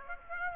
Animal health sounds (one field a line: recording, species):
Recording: mosquito wingbeat signal from an infrared sensor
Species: Aedes aegypti